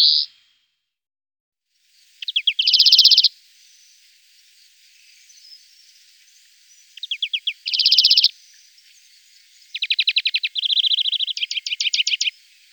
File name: greenfinch